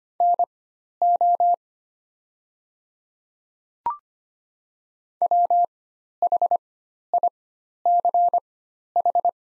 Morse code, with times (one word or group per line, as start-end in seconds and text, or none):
0.2-1.5 NO
5.2-9.3 WHICH